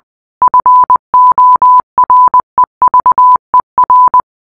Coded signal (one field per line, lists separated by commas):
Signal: Morse code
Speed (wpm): 20 wpm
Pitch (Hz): 1000 Hz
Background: none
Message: FOREVER